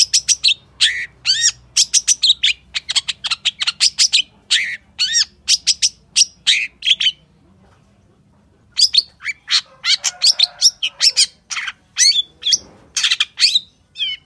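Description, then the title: Long-tailed shrike pouring out a long stream of sharp, high, rapid notes and slurred chirps, briefly pausing, then continuing with equally fast, varied chattering. Wild local bird, morning song with toet-toet variations, used as master song to train caged birds and provoke them to sing. "Cendet Gacor Dor Di Kala Pagi Toet Toet Variasi Suara. MASTERAN CENDET LOKAL ALAM GACOR FULL ISIAN"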